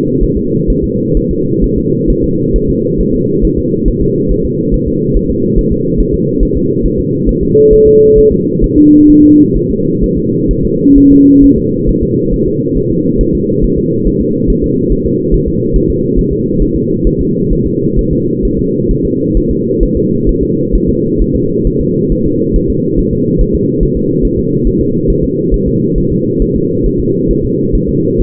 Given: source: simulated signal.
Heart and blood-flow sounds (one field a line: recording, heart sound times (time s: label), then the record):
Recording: fetal heart sounds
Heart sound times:
0.23 s: S1
0.37 s: S2
0.70 s: S1
0.84 s: S2
1.17 s: S1
1.31 s: S2
1.64 s: S1
1.78 s: S2
2.10 s: S1
2.24 s: S2
2.56 s: S1
2.70 s: S2
3.00 s: S1
3.14 s: S2
3.45 s: S1
3.58 s: S2
3.88 s: S1
4.02 s: S2
4.31 s: S1
4.45 s: S2
4.74 s: S1
4.88 s: S2
5.17 s: S1
5.30 s: S2
5.58 s: S1
5.72 s: S2
6.00 s: S1
6.14 s: S2
6.43 s: S1
6.57 s: S2
6.85 s: S1
6.99 s: S2
7.29 s: S1
7.43 s: S2
7.73 s: S1
7.87 s: S2
8.18 s: S1
8.32 s: S2
8.64 s: S1
8.78 s: S2
9.10 s: S1
9.24 s: S2
9.57 s: S1
9.71 s: S2
10.04 s: S1
10.18 s: S2
10.51 s: S1
10.65 s: S2
10.98 s: S1
11.12 s: S2
11.44 s: S1
11.58 s: S2
11.89 s: S1
12.03 s: S2
12.34 s: S1
12.47 s: S2
12.77 s: S1
12.91 s: S2
13.21 s: S1
13.35 s: S2
13.64 s: S1
13.78 s: S2
14.07 s: S1
14.21 s: S2
14.50 s: S1
14.64 s: S2
14.92 s: S1
15.06 s: S2
15.34 s: S1
15.48 s: S2
15.76 s: S1
15.90 s: S2
16.19 s: S1
16.33 s: S2
16.62 s: S1
16.76 s: S2
17.07 s: S1
17.21 s: S2
17.53 s: S1
17.66 s: S2
17.99 s: S1
18.13 s: S2
18.45 s: S1
18.59 s: S2
18.91 s: S1
19.05 s: S2
19.37 s: S1
19.51 s: S2
19.83 s: S1
19.97 s: S2
20.29 s: S1
20.43 s: S2
20.75 s: S1
20.89 s: S2
21.21 s: S1
21.35 s: S2
21.67 s: S1
21.81 s: S2
22.12 s: S1
22.26 s: S2
22.56 s: S1
22.70 s: S2
22.99 s: S1
23.13 s: S2
23.41 s: S1
23.55 s: S2
23.83 s: S1
23.97 s: S2
24.25 s: S1
24.39 s: S2
24.67 s: S1
24.81 s: S2
25.10 s: S1
25.24 s: S2
25.54 s: S1
25.68 s: S2
25.98 s: S1
26.12 s: S2
26.42 s: S1
26.56 s: S2
26.86 s: S1
27.00 s: S2
27.31 s: S1
27.44 s: S2
27.75 s: S1
27.89 s: S2
28.21 s: S1
From the record:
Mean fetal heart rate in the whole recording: 135 bpm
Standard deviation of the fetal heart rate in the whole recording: 3 bpm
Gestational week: 36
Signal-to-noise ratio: -11.2 dB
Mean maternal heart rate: 72 bpm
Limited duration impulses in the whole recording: present